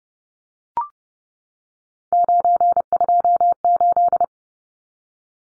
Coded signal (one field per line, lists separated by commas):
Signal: Morse code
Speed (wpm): 30 wpm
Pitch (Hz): 700 Hz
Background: none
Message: 928